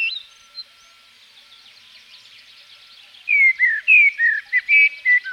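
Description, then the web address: Common blackbird song: a brief note at the start, then about three seconds of near quiet, then a burst of mellow whistled, slurred notes in a quick series to the end. From Provence. "A természet hangjai 06-A provence-i feketerigó"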